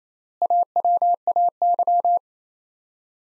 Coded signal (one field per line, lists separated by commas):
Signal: Morse code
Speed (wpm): 27 wpm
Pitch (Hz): 700 Hz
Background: none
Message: AWAY